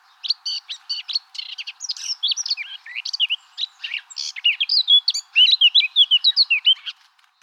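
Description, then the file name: Eurasian blackcap giving a fast, varied warble of high chirps and slurred whistles, rising and falling notes packed closely for about seven seconds. "Sylvia atricapilla"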